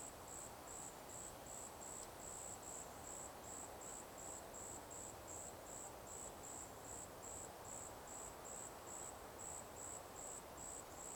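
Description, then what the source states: Cicada song, sharp pulsing buzz repeating steadily more than twice per second against a dense, even background hiss. Cicadas in a forest by day.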